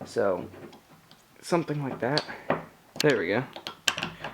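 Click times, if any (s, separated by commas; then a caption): 3.9 s. A quick-release plate on a Dolica 62" Proline tripod is pressed down into the tripod head, and its lock snaps shut automatically with a sharp click at 3.9 s, seating the plate. Someone talks before the click, and a few lighter clicks follow, ending with another sharp one at 4.4 s.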